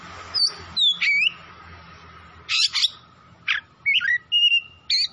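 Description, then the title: Oriental magpie-robin song: short, separated bursts of sliding whistles and buzzy, scratchy notes, loud and varied, over a faint steady tone. Tretes, singing vigorously (gacor). "Kacer Tretes Gacor"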